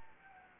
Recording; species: mosquito wingbeat signal from an infrared sensor; Anopheles gambiae